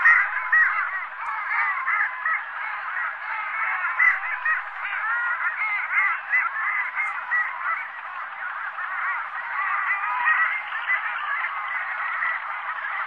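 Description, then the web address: Long-tailed duck flock calls: a dense, continuous chorus of many overlapping nasal, yodelling notes that rise and fall without pause throughout. Sakhalin and Kuril Islands. "priroda sakhalina i kuril. Clangula huemalis"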